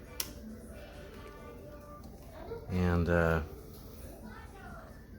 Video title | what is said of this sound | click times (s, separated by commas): DreamStation Go De Foam | kind of snap into place. | 0.2 s